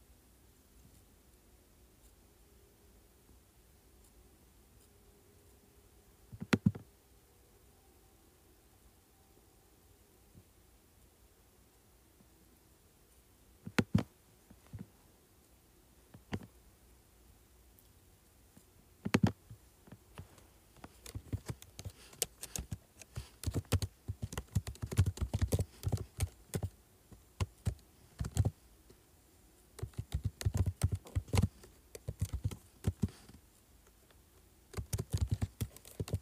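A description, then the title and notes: Keyboard clicks, sparse at first with single sharp taps near 7, 14, 16 and 19 seconds. From about 20 seconds, typing becomes quick and irregular in dense bursts, with a faint low hum underneath throughout. Clicking, Scrolling, and Typing on Keyboard.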